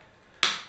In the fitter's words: until it clicks into its final position